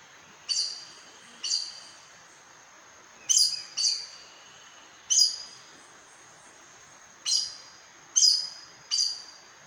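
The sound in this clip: Aracari calling repeatedly, several shrill, sharp notes, some in quick pairs, others spaced a second or two apart, over faint constant hiss.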